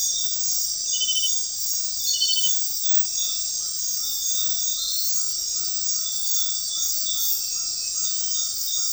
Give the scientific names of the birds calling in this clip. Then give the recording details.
none. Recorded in dense forest near Puerto Asís, Putumayo, Colombia, on 21 February 2024 at 00:00. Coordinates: 0.500, -76.322. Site G6465